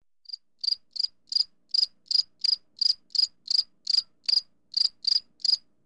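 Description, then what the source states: Cicada giving crisp, high-pitched chirps in a quick, fairly even series, roughly three per second, with nothing else audible. Recorded close to the calling cicada.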